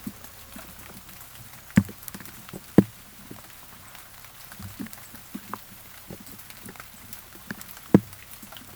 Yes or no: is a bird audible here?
no